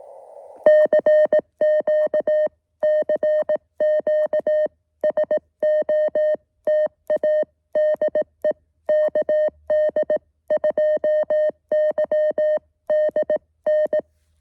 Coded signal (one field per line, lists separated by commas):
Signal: Morse code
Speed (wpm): 18 wpm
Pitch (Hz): 620 Hz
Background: music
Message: CQ CQ SOTA DE KD2YDN